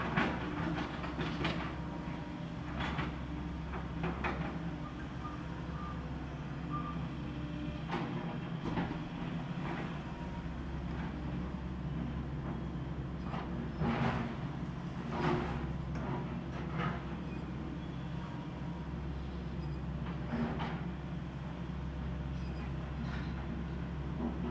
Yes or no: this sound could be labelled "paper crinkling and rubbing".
no